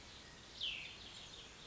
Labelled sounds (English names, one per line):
Cassin's Vireo